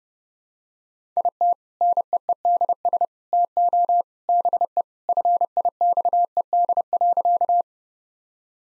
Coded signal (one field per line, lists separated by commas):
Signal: Morse code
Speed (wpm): 30 wpm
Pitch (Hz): 700 Hz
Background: none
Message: IT NEEDS TO BE FIXED.